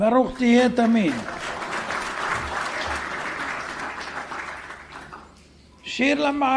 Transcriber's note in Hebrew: מחיאות כפיים